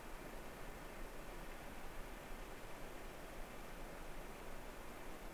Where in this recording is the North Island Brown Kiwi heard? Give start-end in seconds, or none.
none